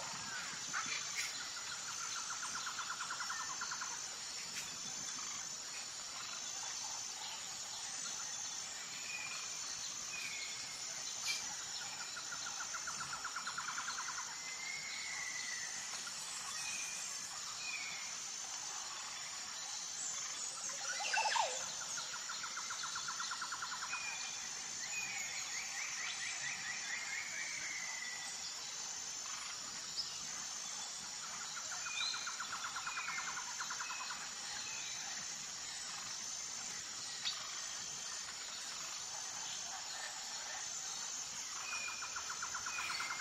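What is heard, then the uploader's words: Tropical jungle ambience with a steady, dense high insect hiss running throughout. Birds call repeatedly over it, mostly short mid-pitched warbles and trills recurring every few seconds, with a brighter sweeping call near the middle and a few sharp clicks scattered across. Tropical Jungle Ambiance, Exotic Birds Singing & Relaxing Nature Sounds. What truly captivates us is the symphony of rain forest and tropical singing birds that fills the air. Each bird seems to be adding its unique voice to this harmonious chorus.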